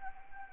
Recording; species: mosquito wingbeat signal from an infrared sensor; Anopheles arabiensis